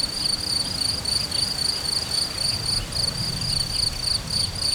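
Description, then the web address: Cricket chirping: shrill pulses going on continuously over a low rumbling background. Hortobágy, 2014, in nature. "allathangok termeszetben tucsok 2014 hortobagy"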